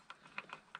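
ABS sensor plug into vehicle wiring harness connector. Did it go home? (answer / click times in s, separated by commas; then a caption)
no / none. A new ABS wheel-speed sensor's plastic electrical plug on a Subaru is handled at its vehicle wiring harness connector, making a few short, light plastic ticks and taps at about 0.1, 0.4, 0.5 and 0.8 seconds. Nothing has seated or clicked yet; the plug is not yet home in the connector.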